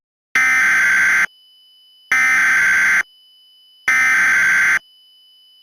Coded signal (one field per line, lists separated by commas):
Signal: Emergency Alert System (SAME) tones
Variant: header bursts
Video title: Minecraft Attack 5: The End (an EAS Scenario)